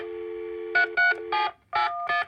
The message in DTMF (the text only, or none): 33781